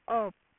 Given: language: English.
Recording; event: throat vibration sensor signal played as sound; speech